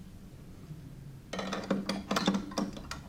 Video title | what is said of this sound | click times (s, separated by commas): Amplificateur intégré Viva Solista | faire un petit un petit quart de tour sur la sur la droite et puis ça voilà ça se verrouille tout seul | 2.9 s